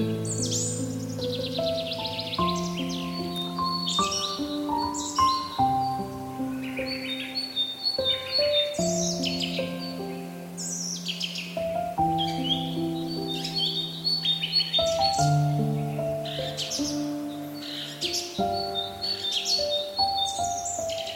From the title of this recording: Beautiful Birds Chirping Over a Piano Whisper